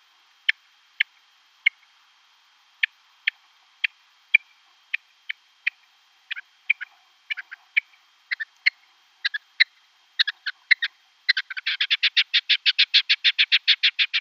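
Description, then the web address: Rock partridge × red-legged partridge hybrid display calling: sharp chuck notes, widely spaced at first, grow more frequent and double up, then speed into a fast rhythmic chattering rattle at the end. Male in display; a hybrid of rock partridge and red-legged partridge. "Schulze Peter Hybrid Rockx Redlegged Partridge male display"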